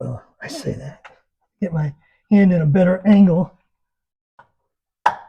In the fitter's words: There, and it snaps in place.